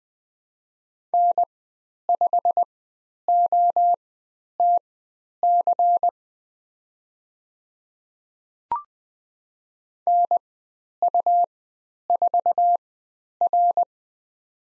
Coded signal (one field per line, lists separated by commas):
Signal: Morse code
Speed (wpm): 20 wpm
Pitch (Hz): 700 Hz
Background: none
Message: N5OTC NU4R